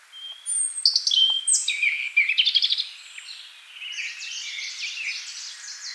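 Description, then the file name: European robin song: a rapid run of high, thin whistles and tinkling notes with quick trills, then a softer warbling phrase. "Erithacus rubecula"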